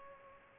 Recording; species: mosquito wingbeat signal from an infrared sensor; Culex pipiens